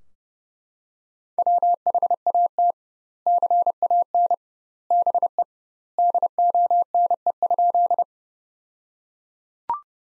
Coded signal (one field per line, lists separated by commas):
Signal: Morse code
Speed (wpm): 32 wpm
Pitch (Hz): 700 Hz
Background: none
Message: WHAT CAN BE DONE?